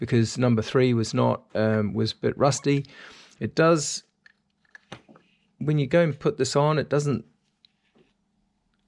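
Someone talks while pushing the connector onto the rusty number-three ignition coil pack of an R53 Mini's engine. A faint click comes at 7.7 s, weaker than on the other three coil packs, so the connector may not be fully home.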